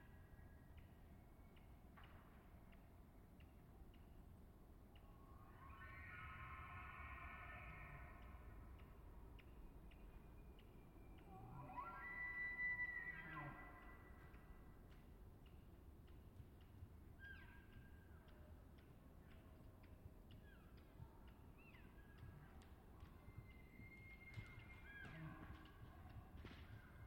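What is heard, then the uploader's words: A bull elk calls out in a challenge, with a strained, squealing bugle around six to eight seconds and a louder, rising call near twelve to thirteen seconds. Shorter grunts and chirps are scattered throughout, over a steady low rumble of wind or noise. Elk Bull Challenge. I spent another weekend in the Colockum Wildlife Area, camping at the border of Coffin Game Reserve. Not long after dawn I witnessed a challenge. The bulls' bugles sound like very unsettling screams of torture from nearby.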